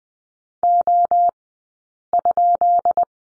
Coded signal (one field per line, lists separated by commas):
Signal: Morse code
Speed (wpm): 20 wpm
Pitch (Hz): 690 Hz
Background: none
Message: O?